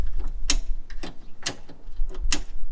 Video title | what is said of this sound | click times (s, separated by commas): MAKING THE ROCKET BUNNY 240SX PRETTY AGAIN - and some garage upgrades | Alright, now it seems to click into place a lot more positively. Oh yeah, that's much better. | 0.5 s, 1.5 s, 2.3 s